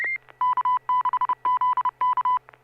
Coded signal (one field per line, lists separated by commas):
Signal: Morse code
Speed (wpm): 30 wpm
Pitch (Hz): 1000 Hz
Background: music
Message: K6ZK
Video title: N6NA SSTV Net - 04/05/2023